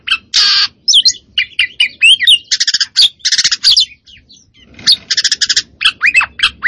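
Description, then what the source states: Oriental magpie-robin song: loud, varied phrases mixing harsh buzzy bursts, sweeping whistles and rapid trilled notes, with a brief pause near the middle. Kacer poci variety, singing vigorously and continuously (gacor).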